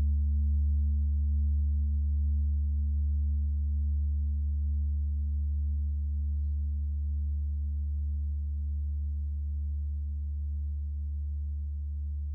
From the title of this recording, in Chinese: 土星（147.85赫兹）